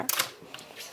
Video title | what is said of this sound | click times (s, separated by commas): iPad 2 Unboxing with Smart Cover | so one two three there we go it snaps automatically lines up pretty well | 0.1 s